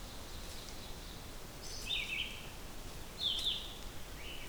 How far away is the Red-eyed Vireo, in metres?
about 30 m